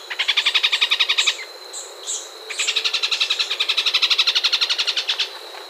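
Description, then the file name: Bird giving rapid pulsed chattering trills, interrupted by short squeaky notes, with a thin steady whistled tone running behind. "SABIOD 50 bird 2015"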